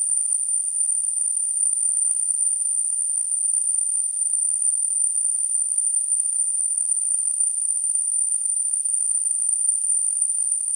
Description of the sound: Tinnitus.